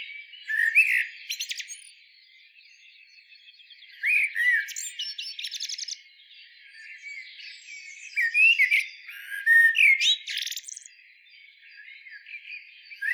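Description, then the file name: Eurasian blackbird song in separate phrases: mellow whistles rising and falling, each trailed by a thin, buzzy, high-pitched twitter. "Turdus merula"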